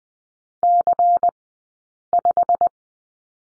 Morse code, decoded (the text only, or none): C5